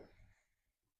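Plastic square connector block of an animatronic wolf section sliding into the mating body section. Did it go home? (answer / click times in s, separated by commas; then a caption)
no / none. The square plastic connector block on one section of a 2024 Home Depot Animated Fear Valley Wolf animatronic is slid toward its mating body section. A dull, low handling rumble and scrape fill the first third of a second, then fade to a faint rustle. Nothing has snapped or seated yet.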